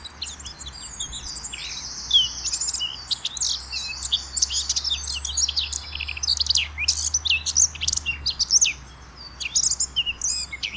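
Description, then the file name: Eurasian blackcap giving a long, rambling high warble of fast chattering and whistled notes, briefly pausing near the ninth second before resuming. "Sylvia atricapilla"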